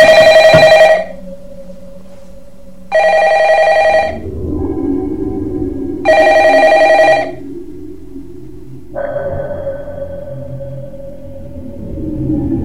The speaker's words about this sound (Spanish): Y que poco después suena el teléfono.